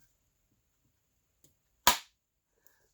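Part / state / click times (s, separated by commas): knife blade into kydex sheath / seated / 1.9 s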